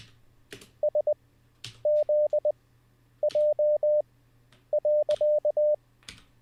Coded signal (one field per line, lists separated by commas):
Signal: Morse code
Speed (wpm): 20 wpm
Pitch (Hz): 600 Hz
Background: none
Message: SZJ.